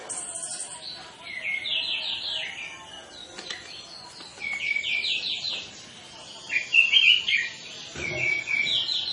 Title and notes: Masteran Anis Kembang Full Isian Untuk Suara Pancingan Anis Kembang Agar Cepat Ngeplong. Suara Burung Anis Kembang